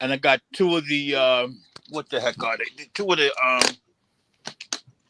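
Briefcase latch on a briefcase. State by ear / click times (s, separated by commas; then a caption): released / 4.6 s, 4.7 s. Someone talks, then the latches on a briefcase are snapped open with sharp clicks at 4.6 s and 4.7 s. The clasps release and the briefcase pops open.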